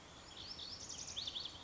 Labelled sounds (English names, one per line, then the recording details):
Lazuli Bunting
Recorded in Sonoma County, California